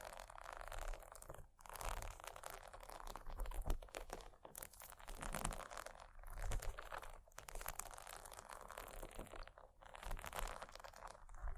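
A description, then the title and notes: Bumpy textured items scratch in dense, crackling bursts with brief pauses near two, five, seven and ten seconds, crunchy and bright throughout. ASMR Bumpy Textured Items Scratching（No Talking）.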